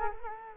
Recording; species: mosquito wingbeat signal from an infrared sensor; Culex quinquefasciatus